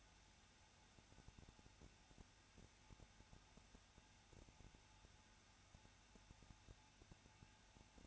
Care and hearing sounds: daily activity, microphone in the room; no activity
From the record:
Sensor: 2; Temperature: 21.0 degrees Celsius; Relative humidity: 34.3%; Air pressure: 994.3 hPa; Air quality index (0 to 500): 173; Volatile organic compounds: 3 ppm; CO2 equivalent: 1341 ppm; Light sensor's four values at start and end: 2/3/2/2 and 2/3/2/2

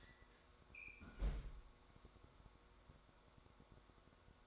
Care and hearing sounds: daily activity, microphone in the room; close fridge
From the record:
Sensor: 3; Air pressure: 1004.6 hPa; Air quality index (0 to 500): 191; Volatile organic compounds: 13 ppm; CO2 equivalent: 2400 ppm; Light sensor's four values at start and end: 5/13/5/5 and 5/13/5/5

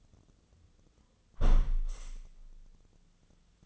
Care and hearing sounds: daily activity, microphone in the room; close window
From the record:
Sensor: 4

